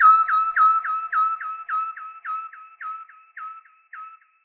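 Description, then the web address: Common nightingale singing a series of identical whistled notes, each sliding down, evenly spaced and slowly fading in loudness. "reinsamba nightingale song dublostinspace"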